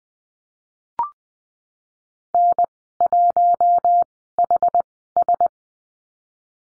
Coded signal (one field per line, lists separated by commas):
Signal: Morse code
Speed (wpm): 20 wpm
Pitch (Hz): 700 Hz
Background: none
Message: N1HS